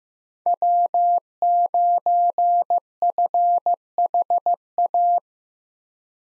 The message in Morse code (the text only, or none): W9FHA